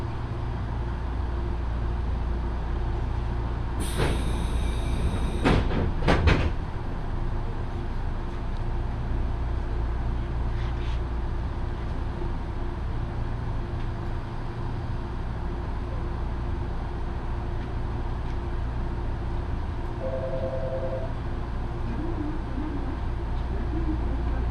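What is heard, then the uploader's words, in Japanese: A Yoro Railway train hums with a steady low rumble, a shrill whine and clatter near five seconds, and a brief two-note tone near twenty. 養老鉄道 揖斐→大垣→養老。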